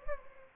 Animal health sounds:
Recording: mosquito wingbeat signal from an infrared sensor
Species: Anopheles gambiae

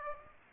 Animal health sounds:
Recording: mosquito wingbeat signal from an infrared sensor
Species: Aedes aegypti

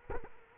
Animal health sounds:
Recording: mosquito wingbeat signal from an infrared sensor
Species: Culex quinquefasciatus

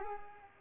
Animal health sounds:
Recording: mosquito wingbeat signal from an infrared sensor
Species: Culex pipiens

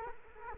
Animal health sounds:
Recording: mosquito wingbeat signal from an infrared sensor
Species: Culex quinquefasciatus

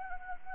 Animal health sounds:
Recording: mosquito wingbeat signal from an infrared sensor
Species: Anopheles gambiae

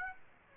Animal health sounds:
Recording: mosquito wingbeat signal from an infrared sensor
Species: Aedes aegypti

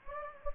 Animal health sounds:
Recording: mosquito wingbeat signal from an infrared sensor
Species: Anopheles gambiae

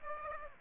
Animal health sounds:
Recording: mosquito wingbeat signal from an infrared sensor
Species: Aedes aegypti

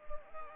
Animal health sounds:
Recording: mosquito wingbeat signal from an infrared sensor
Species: Anopheles arabiensis

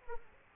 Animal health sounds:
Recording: mosquito wingbeat signal from an infrared sensor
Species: Aedes aegypti

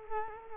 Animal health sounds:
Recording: mosquito wingbeat signal from an infrared sensor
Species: Culex quinquefasciatus

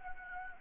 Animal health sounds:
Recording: mosquito wingbeat signal from an infrared sensor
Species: Anopheles gambiae

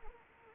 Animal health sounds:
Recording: mosquito wingbeat signal from an infrared sensor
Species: Anopheles arabiensis

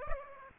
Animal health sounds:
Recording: mosquito wingbeat signal from an infrared sensor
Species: Aedes aegypti

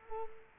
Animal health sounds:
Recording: mosquito wingbeat signal from an infrared sensor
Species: Culex quinquefasciatus

